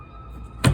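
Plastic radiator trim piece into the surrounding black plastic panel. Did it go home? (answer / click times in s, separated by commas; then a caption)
yes / 0.7 s. A small plastic radiator trim piece next to the radiator drain plug on a 2000 Lexus GS300 is pushed so its lip fits inside the surrounding black plastic panel. After a faint background hum, a sharp thunk sounds at 0.6 seconds as the piece pops in. The trim is seated in place.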